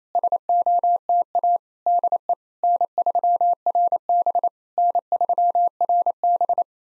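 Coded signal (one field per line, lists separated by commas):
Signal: Morse code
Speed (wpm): 28 wpm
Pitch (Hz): 700 Hz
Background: none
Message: SOTA DE N3RB N3RB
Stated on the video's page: Simulated SOTA QSO practice at 28 wpm: each exchange sent in Morse, spoken, then sent again.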